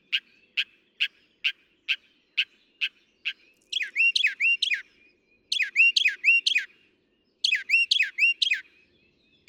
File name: Northern Mockingbird